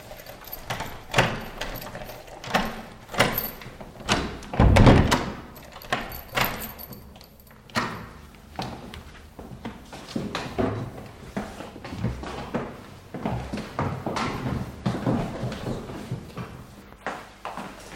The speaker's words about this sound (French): les hauts talons, c'est très joli en certaines circonstances, mais pour le moment, ça fait un peu trop de bruit.